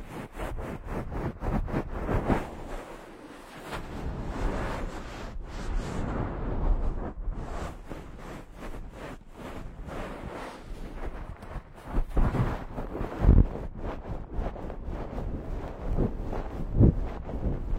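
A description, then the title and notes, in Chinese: Head massage with dense rubbing and brushing sounds, fast repeated taps and scratches throughout, and a few sharper knocks near the end. 疗愈SPA！头部调理，深度放松。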